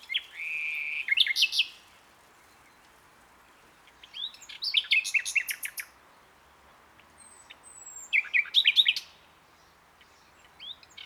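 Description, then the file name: Common nightingale song, three separate phrases of varied whistles, clicks and rapid trills, with pauses of a few seconds between them. "Luscinia megarhynchos"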